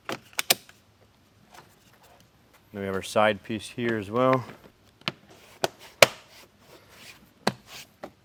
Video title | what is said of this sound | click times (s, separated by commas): Audison Prima - The Ultimate Plug & Play Speaker Upgrade for 2024+ Jeep Wrangler & Gladiator | And this just snaps right in. | 0.4 s, 0.5 s